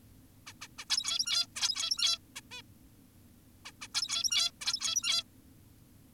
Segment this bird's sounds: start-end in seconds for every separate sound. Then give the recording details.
0.47-0.53, 0.62-0.68, 0.78-0.85, 0.90-1.47, 1.56-2.18, 2.36-2.41, 2.52-2.62, 3.66-3.72, 3.82-3.88, 3.94-4.51, 4.61-5.24. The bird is an adult. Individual g17y2U